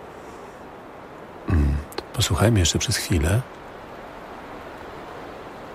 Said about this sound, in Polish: To teraz jest wiatr.